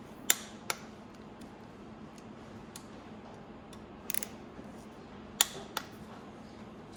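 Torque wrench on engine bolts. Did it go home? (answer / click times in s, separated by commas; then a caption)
yes / 0.3 s, 5.4 s. A torque wrench tightens engine bolts to the specified torque during a motocross engine rebuild. Sharp metallic clicks ring out at 0.3 and 5.4 seconds, marking that the set torque has been reached and the bolts are good. Softer ticks and a faint rattle around 4.2 seconds sit over a low steady hum.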